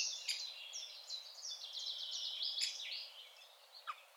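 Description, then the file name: Eurasian wren delivering a sustained rapid trill of high notes, dense and rattling, with a few sharp clicks and a brief fading end. "Troglodytes troglodytes"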